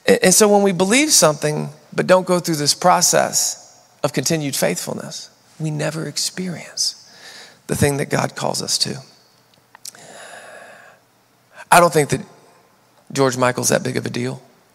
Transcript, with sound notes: And so when we believe something but don't go through this process of continued faithfulness, we never experience the thing that God calls us to. [sighs] I don't think that George Michael's that big of a deal.